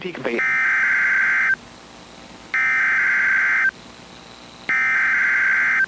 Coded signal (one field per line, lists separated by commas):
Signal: Emergency Alert System (SAME) tones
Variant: header bursts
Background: speech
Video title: The First FREEZE of the Season | 4/2-8/2026 (EAS #1,898-1,903)